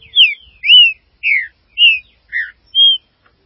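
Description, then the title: Green-winged saltator song: six clear whistled notes, mostly slurred downward, delivered at an even pace of about two per second. "Trinca Ferro"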